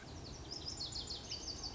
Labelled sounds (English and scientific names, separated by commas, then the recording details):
Lazuli Bunting (Passerina amoena)
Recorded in Sonoma County, California